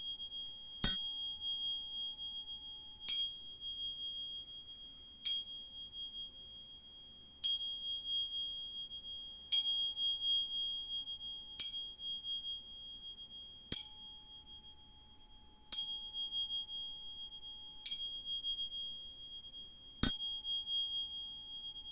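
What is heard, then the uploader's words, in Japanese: Tuning forks are struck about every two seconds, ten strikes in all, each a sharp tap that leaves a clear, high, pure ringing tone decaying slowly until the next. A steady high whine persists underneath, and the room is otherwise quiet. 音叉チューニング2本。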